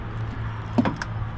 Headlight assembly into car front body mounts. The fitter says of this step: we go, and everything's popped into place, and I'm going to tighten everything down.